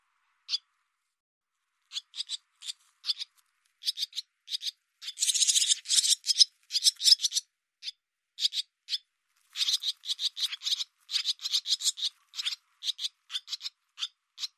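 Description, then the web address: Barn swallow calling with crisp short notes, sparse at first, then dense busy chatter, thinning to scattered notes at the end. "cianscape birddata Deverinetal 2025 Bird Hi Ru"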